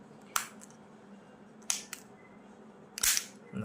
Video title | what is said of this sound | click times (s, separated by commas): Vitara brezza central lock key battery replacement | ലോക്ആയി ഇത്രേ ഉള്ളൂ ഇത്രയേ | 0.4 s, 1.7 s